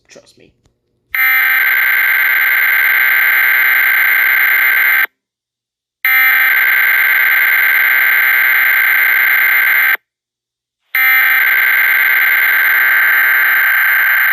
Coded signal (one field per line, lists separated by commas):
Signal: Emergency Alert System (SAME) tones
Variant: header bursts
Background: speech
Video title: EAS Mock: Tornado Warning Intyrupts 1 episode of news